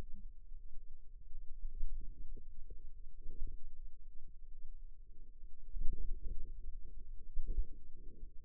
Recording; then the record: forearm muscle sounds (acoustic myography)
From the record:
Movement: finger pinch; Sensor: system 2, bracelet of six BSWA MPA416 microphones around the upper forearm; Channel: 5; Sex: female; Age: 22 years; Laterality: right